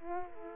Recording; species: mosquito wingbeat signal from an infrared sensor; Culex quinquefasciatus